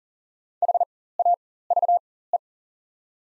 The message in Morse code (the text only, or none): HAVE